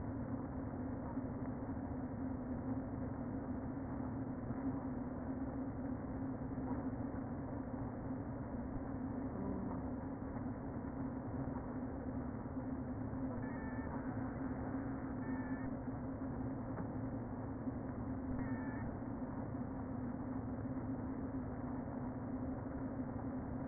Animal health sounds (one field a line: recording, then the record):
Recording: honeybee colony, microphone inside the hive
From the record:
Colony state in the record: queen present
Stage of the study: before two queens were removed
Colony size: about 60,000 bees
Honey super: yes